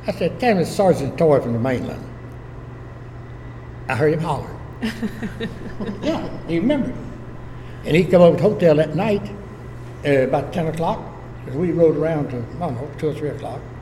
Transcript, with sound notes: I said, “tell him it’s Sergeant Toy from the mainland.” I heard him hollering. [laughter] Yeah, he remembered, and he come over to the hotel that night at about ten o’clock, and we rode around until, I don’t know, two or three o’clock.